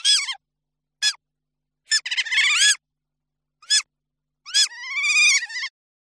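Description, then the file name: Otter squeals, shrill and high with bright harmonics, given as short bursts and a few longer wavering calls separated by silent gaps. "audio hero Otter"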